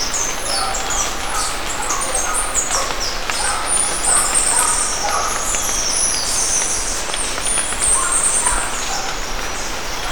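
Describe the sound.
Bird giving rapid, high, squeaky chattering notes almost without pause, some lower chirps mixed in, over continuous background noise.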